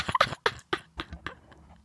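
A quick run of about six short, harsh, wet-sounding cough bursts from an adult man within two seconds; he is very phlegmy after a massage of his sinus pressure points and chest, and habitually hocks up phlegm.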